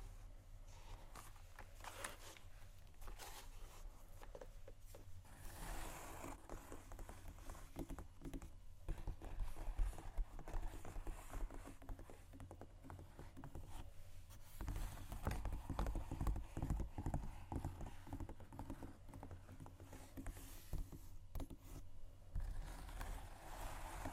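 Shoes scratch and tap in an irregular, busy patter of scuffs and clicks, thickest around fifteen to seventeen seconds, over a low hum.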